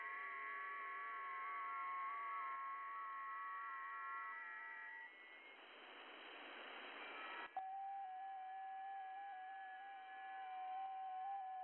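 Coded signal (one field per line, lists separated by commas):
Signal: FT8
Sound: many soft overlapping steady warbling tones, then hiss, then a single tone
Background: radio static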